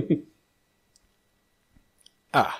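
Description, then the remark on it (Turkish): A few soft, sharp clicks of a computer mouse, spaced irregularly, with brief bursts of a voice at the start and a louder one at the end. “ekranım kararmaya karar verdi çünkü mouse'u uzun zamandır kımıldatmıyordum.”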